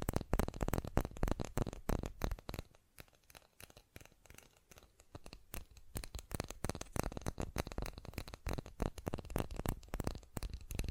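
Fast tapping comes in dense, rapid bursts of sharp clicks that have a dry, papery, crinkly edge. The clicks are thick and loud for the first few seconds, thin out and soften in a quieter patch around three to five seconds, then pick up again and stay busy until the end.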